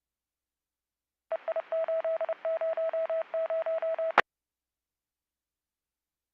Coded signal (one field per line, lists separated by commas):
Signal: Morse code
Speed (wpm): 29 wpm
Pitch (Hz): 650 Hz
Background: none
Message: EI800